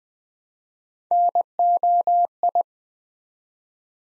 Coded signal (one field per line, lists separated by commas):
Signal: Morse code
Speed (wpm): 20 wpm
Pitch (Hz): 700 Hz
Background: none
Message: NOI